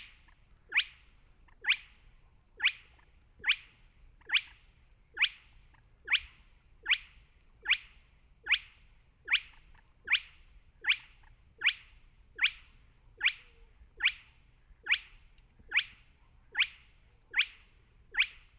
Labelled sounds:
Spotted Crake (Porzana porzana)

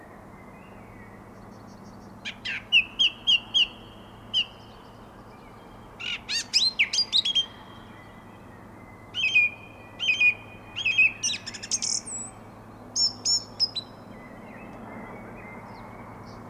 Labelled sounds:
Song Thrush (Turdus philomelos) song

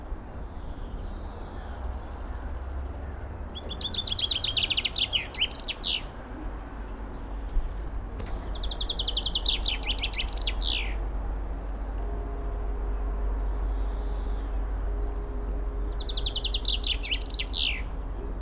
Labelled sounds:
Common Chaffinch (Fringilla coelebs) song

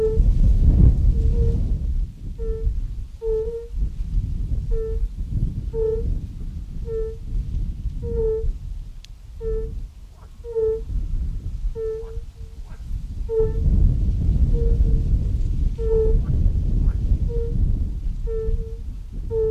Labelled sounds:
Fire-Bellied Toad (Bombina bombina) call

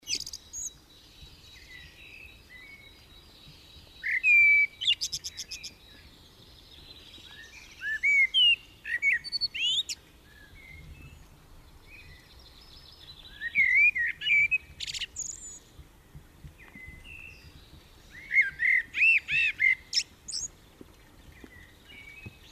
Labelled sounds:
Common Blackbird (Turdus merula) song

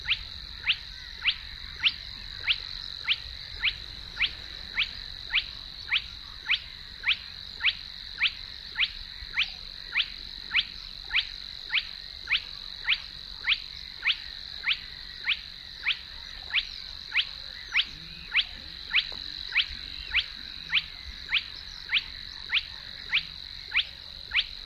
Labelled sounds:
Spotted Crake (Porzana porzana)

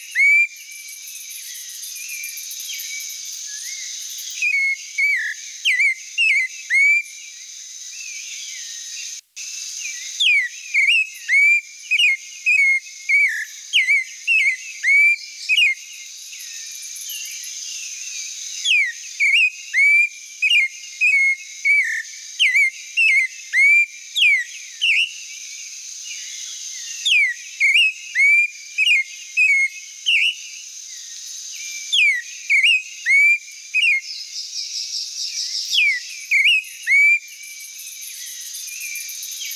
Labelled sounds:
Clay-colored Thrush (Turdus grayi) song

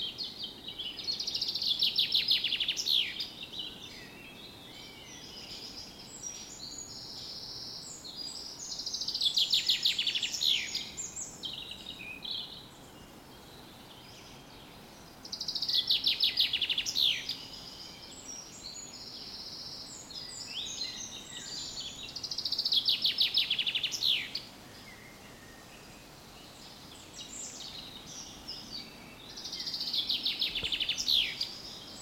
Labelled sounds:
Eurasian Wren (Troglodytes troglodytes)

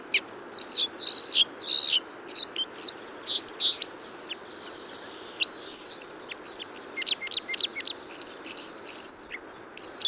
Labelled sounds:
Red Crossbill (Loxia curvirostra) song

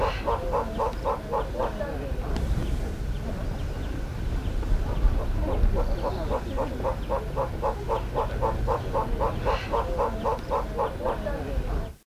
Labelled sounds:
Von Der Decken's Hornbill (Tockus deckeni) call

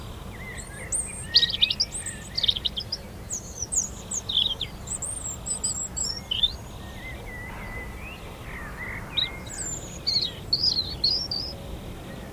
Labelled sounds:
European Robin (Erithacus rubecula) song

